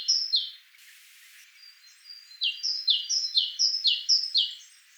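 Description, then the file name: Great tit song, a series of clear two-note phrases, high then dropping, repeated about twice a second after a brief burst of noise. "Parus major"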